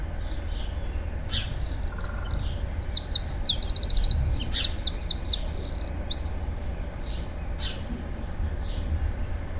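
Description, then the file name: Eurasian wren song: a single energetic phrase of shrill, rapid trills and looping rattles, followed by faint chips, over low steady noise. "Troglodytes troglodytes"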